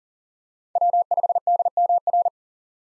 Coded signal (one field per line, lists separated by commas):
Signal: Morse code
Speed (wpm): 40 wpm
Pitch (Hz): 700 Hz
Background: none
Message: W5DMR